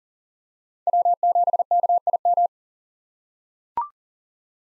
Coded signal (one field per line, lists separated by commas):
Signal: Morse code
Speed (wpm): 40 wpm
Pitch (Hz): 700 Hz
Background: none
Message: W7KIM